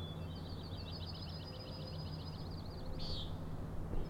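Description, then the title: Common nighthawk gives one buzzy peent near the end, after a long, rapid high trill and over a low rumble. Three birds giving peenting calls, wing booms and rattles while flying in close follow-the-leader formation, sometimes very near the recordist; Schoodic Head overlook, Acadia National Park, Winter Harbor, Maine, June 16 2017, 4am. "Common Nighthawks, Schoodic Head 061617 4am"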